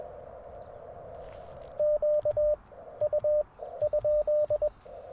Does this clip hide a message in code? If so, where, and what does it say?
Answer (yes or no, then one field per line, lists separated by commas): yes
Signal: Morse code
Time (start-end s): 1.8-4.7 s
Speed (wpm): 21 wpm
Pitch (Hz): 590 Hz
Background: radio noise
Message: QU ?